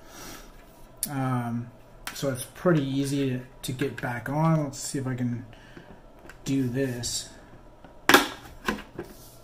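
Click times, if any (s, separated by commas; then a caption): 8.1 s. A motorcycle helmet visor on a Ruroc Atlas 3.0 helmet is refitted by hand onto its side pivot mount while someone talks. A loud, sharp snap at 8.1 seconds marks the first side of the visor seating onto the mount.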